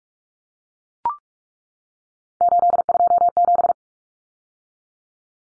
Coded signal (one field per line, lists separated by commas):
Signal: Morse code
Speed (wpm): 44 wpm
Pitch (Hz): 700 Hz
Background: none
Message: 827